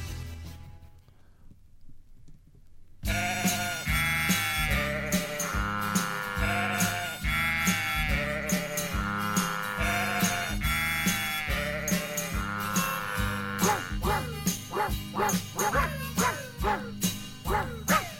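A pop tune played entirely with sampled animal calls, yelping barks and clucking hens pitched into a melody over a steady thumping beat, loud and bouncy after a few quiet seconds.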